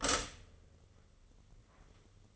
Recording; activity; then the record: daily activity, microphone in the room; stop toaster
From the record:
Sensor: 4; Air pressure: 996.1 hPa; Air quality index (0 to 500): 66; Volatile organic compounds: 2 ppm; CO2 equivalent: 1196 ppm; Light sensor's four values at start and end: 12/29/11/12 and 12/26/10/11